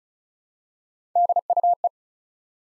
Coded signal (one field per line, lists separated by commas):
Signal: Morse code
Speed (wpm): 36 wpm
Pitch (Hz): 700 Hz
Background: none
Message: DUE